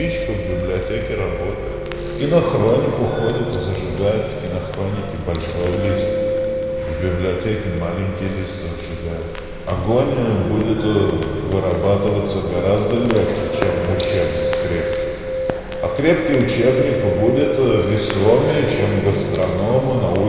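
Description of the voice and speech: An adult man with schizophrenia speaks Russian in fluent, grammatically correct sentences with normal rhythm. He links matches, libraries, newsreels and textbooks in ways that make no sense, over a faint steady hum. This is schizophasia, or word salad: the sentences are built correctly, but their content becomes completely meaningless.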